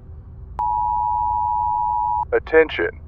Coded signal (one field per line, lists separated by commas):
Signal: Emergency Alert System (SAME) tones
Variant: 853 and 960 Hz attention tone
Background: speech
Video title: You're listening to the radio... during a zombie apocalypse